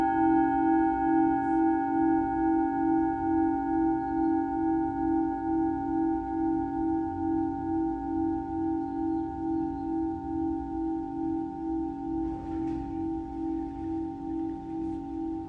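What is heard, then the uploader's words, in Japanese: A singing bowl hums with a steady, slowly pulsing low tone and bright overtones, plus a soft knock around twelve seconds. メキシコから シンギングボウルのサウンドヒーリング。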